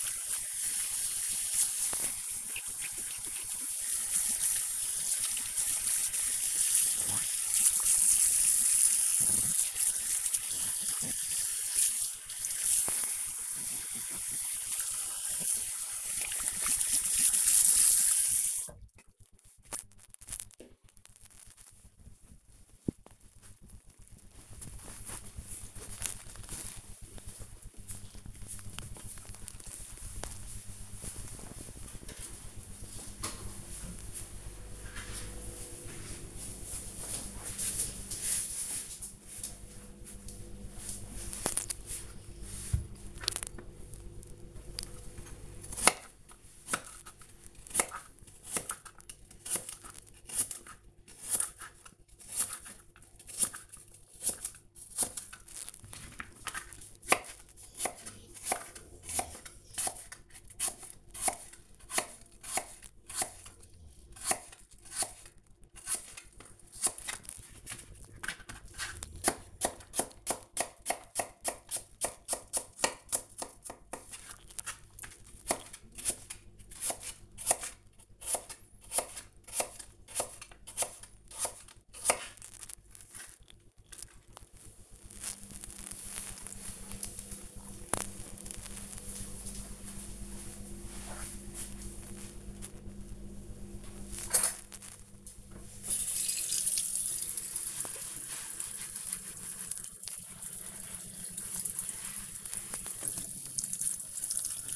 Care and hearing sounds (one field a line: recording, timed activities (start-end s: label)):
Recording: household activities, microphone on the right wrist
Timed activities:
0.00-19.20 s: washing hands
44.35-83.57 s: cutting vegetables
93.62-104.76 s: washing dishes